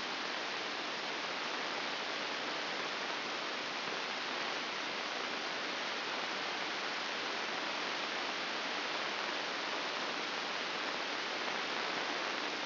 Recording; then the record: brain microelectrode recording played as sound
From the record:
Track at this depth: outside the subthalamic nucleus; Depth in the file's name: 6.461 mm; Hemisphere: left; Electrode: 2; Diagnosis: Parkinson's disease